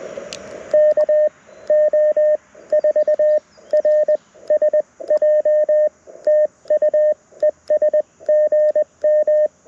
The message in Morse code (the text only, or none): KO4RSJ TU ES GM